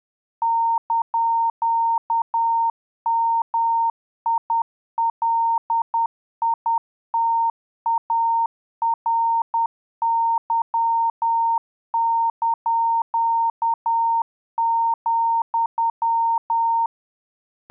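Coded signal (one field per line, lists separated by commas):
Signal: Morse code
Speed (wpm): 10 wpm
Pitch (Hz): 920 Hz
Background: none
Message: )MILITARY),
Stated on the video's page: Graded Morse training, 10 to 12wpm, for subconscious learning, with simulated interference, local oscillator drift and signal strength variation.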